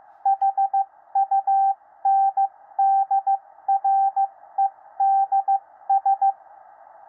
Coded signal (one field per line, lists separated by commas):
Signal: Morse code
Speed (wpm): 15 wpm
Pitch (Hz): 780 Hz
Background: radio noise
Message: HUNDREDS